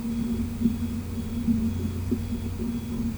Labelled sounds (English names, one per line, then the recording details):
none
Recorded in pastures near Puerto Asís, Putumayo, Colombia, on 20 December 2024 at 11:00
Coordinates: 0.505, -76.324
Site G063